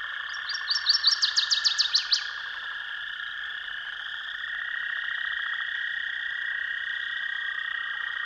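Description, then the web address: Northern waterthrush delivers a single quick, loud song of repeated sweet notes that speeds up and drops off, then only a constant droning background continues. "Dan Gibson's Solitudes Songbirds Northern Waterthrush"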